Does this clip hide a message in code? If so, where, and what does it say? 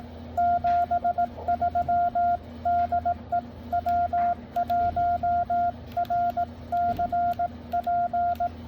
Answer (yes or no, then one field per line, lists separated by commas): yes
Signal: Morse code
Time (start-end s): 0.4-8.5 s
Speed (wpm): 18 wpm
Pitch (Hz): 690 Hz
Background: none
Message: 73 DE W1RCP